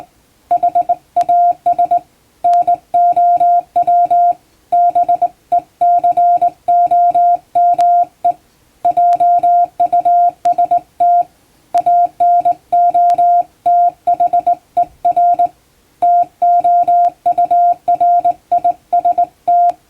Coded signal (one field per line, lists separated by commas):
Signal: Morse code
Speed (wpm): 20 wpm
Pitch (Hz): 700 Hz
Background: music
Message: HAS NOW BECOME JUST ANOTHER TOURIST